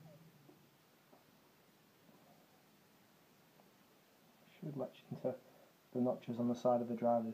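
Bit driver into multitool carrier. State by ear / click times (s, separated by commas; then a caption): not seated / none. The bit driver of a metal Skeletool CX multitool sits in its carrier, where a small catch bar is supposed to latch into the notches on the side of the drivers. Faint low handling noise is followed by someone talking from about 4.6 seconds. Nothing has clicked, and the driver does not lock in.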